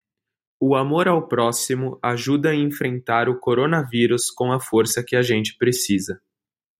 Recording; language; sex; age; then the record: spoken sentence; Brazilian Portuguese; male; 20 to 29 years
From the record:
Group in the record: control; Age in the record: 20 years